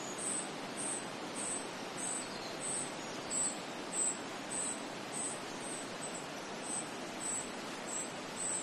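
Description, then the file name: Small birds: a very high, thin chip repeated steadily many times over soft wind hiss. Forest with wind in trees, early spring, Queensland, Australia. "zapsplat nature forest ambience wind trees small birds short early spring qld australia"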